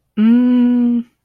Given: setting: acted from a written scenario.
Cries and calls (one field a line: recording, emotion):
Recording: vocal sound without words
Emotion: confusion